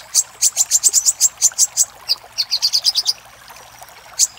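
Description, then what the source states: Little spiderhunter producing a brisk series of very high, sharp chips that drop slightly in pitch midway, followed by a pause and one last note. Master recording used for training cage birds.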